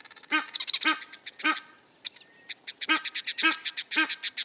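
Bird making nasal, honking squawks in short spaced bursts, mixed with higher quick chirping notes.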